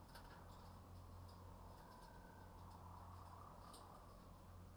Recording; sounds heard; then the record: poultry house recording; healthy chickens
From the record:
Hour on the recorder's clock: 22